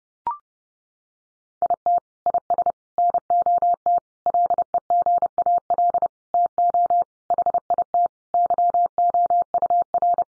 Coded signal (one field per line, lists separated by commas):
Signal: Morse code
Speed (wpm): 30 wpm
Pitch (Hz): 700 Hz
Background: none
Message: IT IS NOT LEGAL TO HIT YOUR